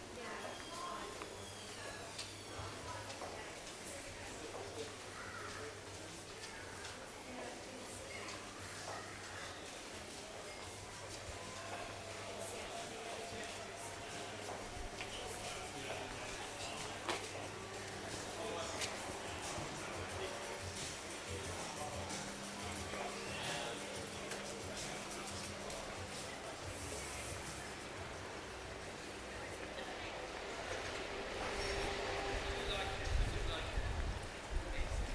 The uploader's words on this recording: Soundwalk in Margate. Recorded with handheld Sony PCM-A10.